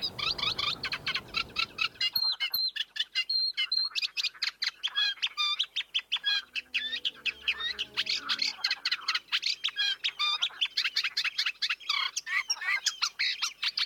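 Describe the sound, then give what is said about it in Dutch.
A reed-dwelling songbird in the reeds delivers a steady, metronome-like stream of repeated high chirps and chattering notes, continuous throughout, with a brief low rumble at the very start. “Dus de tjeftjaf is de metronoom in het bos en dit is de metronoom in het riet.”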